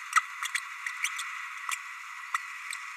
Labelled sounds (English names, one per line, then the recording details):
Green-rumped Parrotlet babbling
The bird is a male
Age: 30 days
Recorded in a nest box in Venezuela
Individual 17B32A6